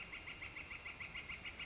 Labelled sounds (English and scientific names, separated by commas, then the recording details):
Northern Flicker (Colaptes auratus)
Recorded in Sonoma County, California